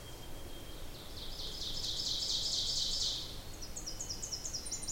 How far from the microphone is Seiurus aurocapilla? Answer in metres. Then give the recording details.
about 35 m. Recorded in boreal forest in Alberta, Canada, on 26 May 2016 at 07:32. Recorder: SongMeter 3, array SBT-3-15. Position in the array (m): 38 m, 233 m. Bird 20